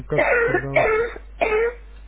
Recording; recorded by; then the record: voluntary cough; telephone call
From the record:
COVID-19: positive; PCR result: checked with the laboratory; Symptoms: yes